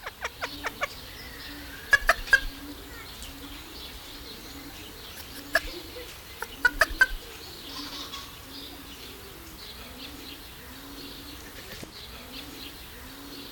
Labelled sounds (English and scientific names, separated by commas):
Red Junglefowl (Gallus gallus) call